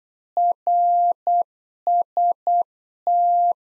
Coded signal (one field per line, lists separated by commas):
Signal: Morse code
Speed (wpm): 8 wpm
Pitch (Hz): 700 Hz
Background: none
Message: RST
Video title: Practice QSO - Complete One-Sided - 8wpm